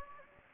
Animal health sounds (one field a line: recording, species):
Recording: mosquito wingbeat signal from an infrared sensor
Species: Anopheles gambiae